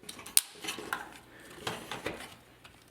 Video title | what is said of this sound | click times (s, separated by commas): KFC Toys Simba - Masterpiece Victory Leo / Victory Saber - Preview | and then come up top and make sure that that top um piece is kind of locked into place. | 0.4 s